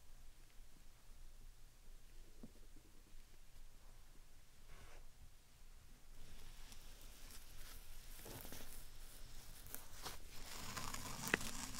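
Slime and sand being handled, starting very soft with scattered tiny clicks and crackles. After about six seconds the squishing and crunching grow fuller and brighter, with denser bursts near eight to ten seconds and a sharp snap just before the end.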